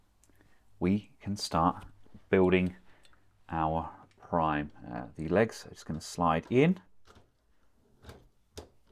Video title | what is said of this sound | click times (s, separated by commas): Fans Hobby MB-18 ENERGY COMMANDER Transformers Masterpiece Energon Optimus Prime Review | was satisfying click | 8.6 s